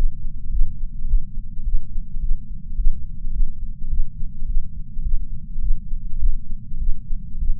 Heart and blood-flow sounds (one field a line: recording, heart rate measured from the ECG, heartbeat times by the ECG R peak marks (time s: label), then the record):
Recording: heart sounds by patch sensor on the chest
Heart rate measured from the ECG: 105 bpm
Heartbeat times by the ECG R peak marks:
0.51 s: heartbeat
1.07 s: heartbeat
1.64 s: heartbeat
2.21 s: heartbeat
2.76 s: heartbeat
3.32 s: heartbeat
3.89 s: heartbeat
4.47 s: heartbeat
5.03 s: heartbeat
5.61 s: heartbeat
6.19 s: heartbeat
6.79 s: heartbeat
7.40 s: heartbeat
From the record:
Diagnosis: coronary artery disease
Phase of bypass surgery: postoperative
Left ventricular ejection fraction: 66.9%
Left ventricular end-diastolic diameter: 46 mm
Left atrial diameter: 35 mm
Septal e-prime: 7.6 cm/s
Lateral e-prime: 10.1 cm/s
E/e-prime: 8.1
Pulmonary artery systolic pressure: 29 mmHg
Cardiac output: 6.1 L/min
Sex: male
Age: 63 years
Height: 180 cm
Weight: 65 kg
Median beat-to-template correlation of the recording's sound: 0.80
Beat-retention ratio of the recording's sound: 1.00